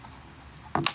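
The old LED brake-light wiring connector is plugged into the new backup-camera brake light housing. After a quiet stretch, two sharp clicks sound at about 0.8 s and 0.9 s. The connector seats in place.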